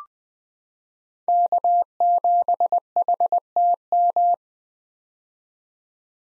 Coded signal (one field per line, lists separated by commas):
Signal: Morse code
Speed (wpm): 20 wpm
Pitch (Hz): 700 Hz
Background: none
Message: K7HTM